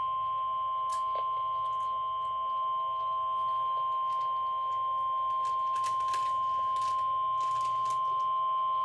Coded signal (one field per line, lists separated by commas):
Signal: Emergency Alert System (SAME) tones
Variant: 1050 Hz attention tone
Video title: Tornado Warning for Cottonwood county and Murray county EAS #1 04/28/25